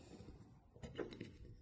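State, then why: Not seated. A handwheel's folding handle is pulled upward and folded down toward its holding slot, with brief handling knocks and rattles around 0.8 to 1.2 seconds over a low background hum. The clip ends before the handle goes home, and nothing has seated yet.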